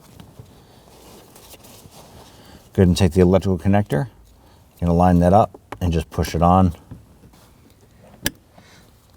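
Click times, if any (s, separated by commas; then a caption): 8.3 s. A wiring harness electrical connector is lined up and pushed onto the plastic socket of a new HVAC blower motor on a 2010–2019 Ford Taurus while someone talks. A single sharp click at 8.3 s shows the connector seating into place.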